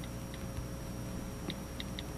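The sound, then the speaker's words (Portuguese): Soft, high-pitched iPhone keyboard clicks, about five of them, tapped at an uneven pace over a steady background hiss, with no one speaking. “Olha só o barulhinho que faz o iPhone quando você digita alguma coisa no teclado dele.”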